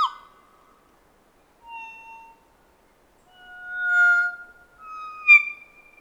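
Kōkako song: a sharp opening note followed by a series of slow, clear, drawn-out whistles at different pitches, separated by short pauses.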